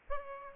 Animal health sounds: mosquito wingbeat signal from an infrared sensor; Aedes albopictus

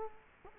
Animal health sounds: mosquito wingbeat signal from an infrared sensor; Culex quinquefasciatus

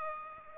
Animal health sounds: mosquito wingbeat signal from an infrared sensor; Culex pipiens

